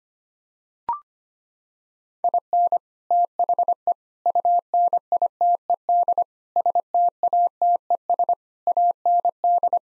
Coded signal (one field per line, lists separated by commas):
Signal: Morse code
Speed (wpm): 25 wpm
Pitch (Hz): 700 Hz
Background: none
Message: IN THE UNITED STATES AND